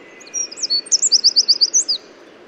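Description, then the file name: Eurasian wren song: a loud, very high, fast burst of sharp notes running into a rapid rattling trill, over a steady low background rush. "Troglodytes troglodytes"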